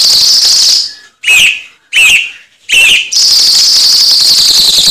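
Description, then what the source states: Cucak cungkok song opening with a long harsh hiss, then three clear rising whistled notes, and another sustained rasping burst. Recording intended as masteran, a tutor song for training cage birds.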